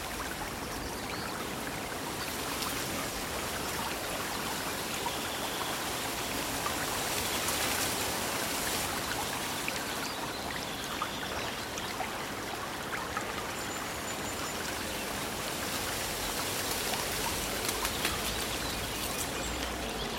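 A babbling stream runs steadily and densely from start to finish, its bright, hissing rush holding an even level throughout. A few faint, thin bird calls sit behind the water, briefly around the middle and again near the end.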